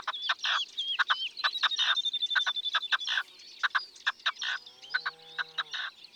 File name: Perdrix rouge ABC des chants doiseaux